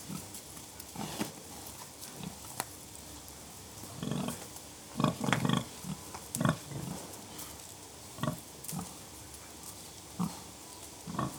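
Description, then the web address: Pig grunting in short, low, rough bursts, scattered irregularly and clustering into a louder run of grunts midway. Pigs grunting; livestock. "The BBC Sound Effects Library Livestock Pigs Grunting"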